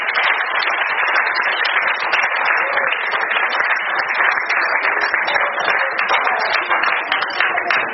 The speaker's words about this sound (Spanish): Aplauda el Señor.